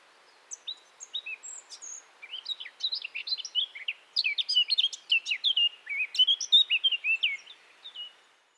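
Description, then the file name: Eurasian blackcap singing a rapid, jumbled warble of high chirps and short whistles that grows louder. "Sylvia atricapilla"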